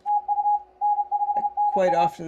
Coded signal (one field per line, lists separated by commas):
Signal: Morse code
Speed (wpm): 32 wpm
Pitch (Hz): 830 Hz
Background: speech, radio noise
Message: TU N5NA